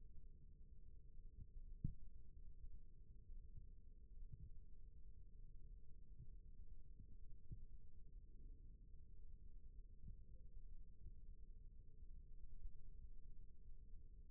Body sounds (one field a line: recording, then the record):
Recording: forearm muscle sounds (acoustic myography)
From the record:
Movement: rest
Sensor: system 1, eight BSWA MPA416 microphones around the upper forearm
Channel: 2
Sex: male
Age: 21 years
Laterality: right